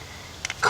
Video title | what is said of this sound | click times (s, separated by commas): Infiniti FX50 Q70 QX56 QX80 Nissan Armada Pathfinder Titan Starter Replacement | you want to plug it up until you can hear it click. | 0.5 s